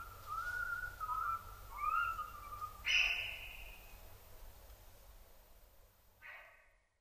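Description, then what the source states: Japanese macaque coo calls, a few clear tonal whistled notes that waver and rise, followed by a harsher burst and one brief later call, over low steady hum. Juvenile animal, recorded 7 October 2008 at 06:10.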